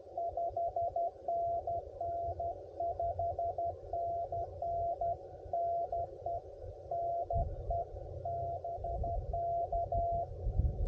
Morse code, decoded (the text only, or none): 5NN 5NN NE NE BK